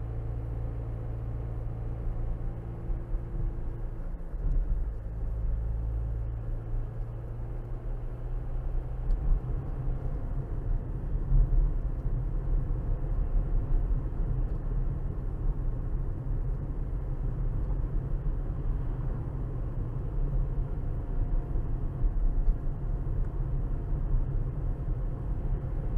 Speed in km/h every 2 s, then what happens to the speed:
40, 39, 37, 40, 44, 45, 45, 45, 44, 45, 45, 45, 45.
0-5 steady at about 39. 5-9 speeds up to 45. 9-26 steady at about 45.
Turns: none.